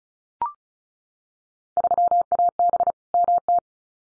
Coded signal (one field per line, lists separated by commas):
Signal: Morse code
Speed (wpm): 36 wpm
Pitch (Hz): 700 Hz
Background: none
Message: 3AB MT